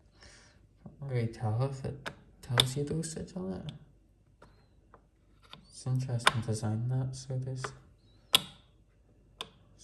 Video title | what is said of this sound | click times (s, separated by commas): Unboxing, first run and first impressions of my brand new Hoover H-WASH 700 H7W69MBC-80 ! | As if it like, doesn't click into place. | none